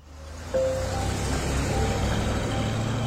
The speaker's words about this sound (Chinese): 汽车驶离的声音从院墙外传来